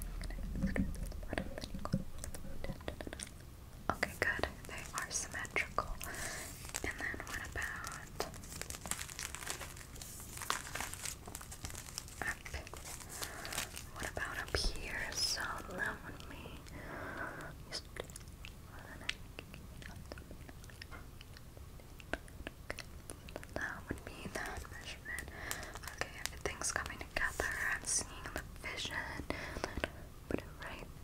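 Measuring and wrapping sounds: dense, irregular crinkling and crumpling of paper or plastic runs through the whole clip, with sharp ticks and rustles. Handling is busiest near the start and again after about twenty-four seconds.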